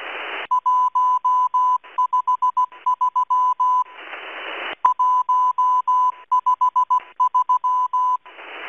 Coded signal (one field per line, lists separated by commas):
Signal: Morse code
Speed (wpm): 16 wpm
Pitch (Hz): 1000 Hz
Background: music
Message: 153 153